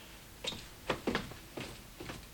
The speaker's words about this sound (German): Zieht die Gardine zu.